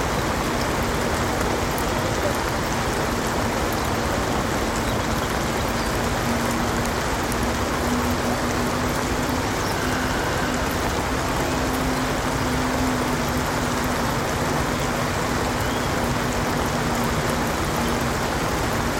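Soft summer rain falls steadily on a houseboat and the nearby canal water, a dense, even patter that hardly changes over the whole stretch. Beneath it runs a faint, low city hum, with a steady drone holding throughout.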